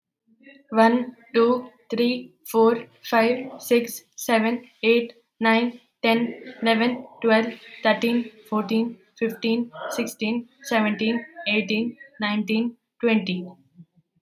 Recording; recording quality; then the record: counting at a normal pace; excellent, no background noise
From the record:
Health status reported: healthy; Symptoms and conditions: none ticked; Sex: female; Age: 20 years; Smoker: not ticked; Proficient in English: yes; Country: India